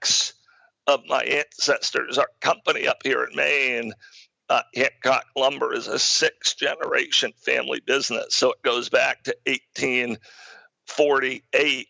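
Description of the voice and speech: Adult man speaking in choppy bursts with frequent voice breaks and a creaky, strained quality from a rare voice disorder acquired in midlife, audible as he speaks.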